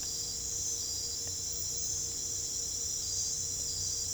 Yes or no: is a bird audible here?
no